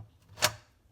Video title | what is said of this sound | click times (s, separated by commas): You're gonna be SHOCKED how easy this is! | Turn it in a clockwise position, and you hear it snap when I turn it like that, and it's all secured in place. | 0.4 s